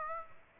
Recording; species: mosquito wingbeat signal from an infrared sensor; Aedes aegypti